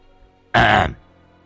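An old man in the main house lets out a single raspy cough, a harsh, rough burst lasting under half a second, loud against otherwise quiet surroundings with no talking.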